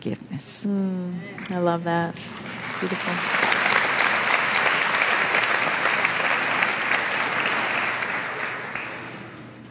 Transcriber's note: applause